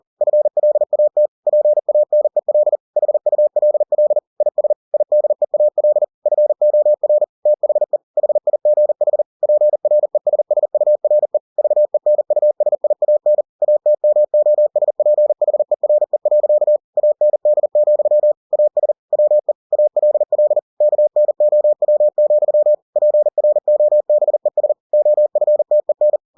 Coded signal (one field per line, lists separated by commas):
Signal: Morse code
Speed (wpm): 40 wpm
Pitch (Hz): 600 Hz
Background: none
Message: FLAT PANEL HULL IS IDEAL FOR THE HIGH PRESSURE VENUSIAN ATMOSPHERE. AND, AS WE ALL KNOW, PROBES OFTEN